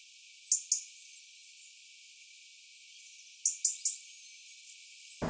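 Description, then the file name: European robin calls: two sharp high ticks near the start, then a run of three ticks about three seconds later, with faint thin whistles in the background. "Erithacus rubecula"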